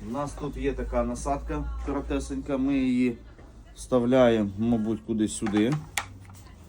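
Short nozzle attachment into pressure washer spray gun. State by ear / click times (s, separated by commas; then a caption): seated / 6.2 s. A short nozzle attachment is inserted into a pressure washer spray gun while someone talks. A quiet click at 6.2 s marks it locking in place, and the nozzle is seated.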